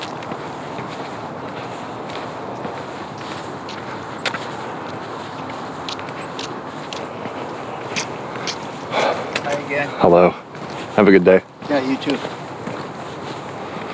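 Footsteps crunch steadily along a snowy trail under a soft hush, with a few louder sounds, perhaps brief voices, around ten to twelve seconds.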